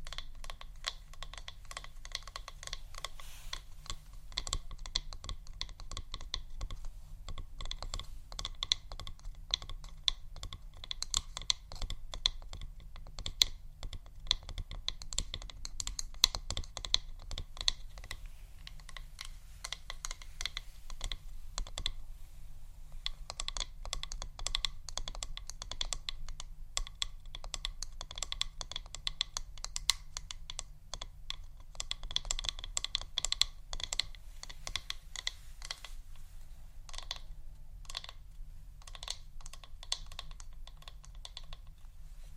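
Intoxicating tapping: dense, rapid clicky taps like fingers on a keyboard run steadily throughout, over a constant low hum underneath.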